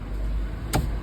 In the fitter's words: lock ആയില്ലേ ഇനി തിരിയുവാ ഇനി ഇതെങ്ങനെ തുറക്കും നമ്മള് ഇട്